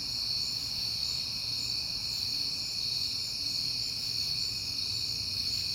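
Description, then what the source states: Crickets chirping in a steady, continuous high-pitched chorus with a bright ringing band, with faint low noise beneath. On a peaceful night in September.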